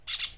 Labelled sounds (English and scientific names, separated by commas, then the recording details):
Brown-throated Parakeet (Eupsittula pertinax) contact call
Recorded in Venezuela
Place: PN Cerro Saroche, Tierras del Sr. Polo, Edo. Lara
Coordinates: 10.171, -69.518